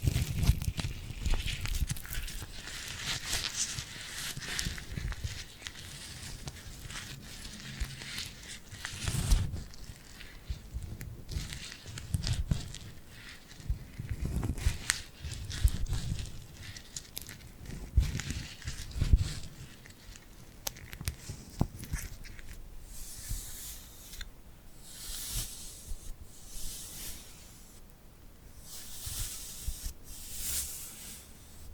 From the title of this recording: Tingly Glued Hand Sounds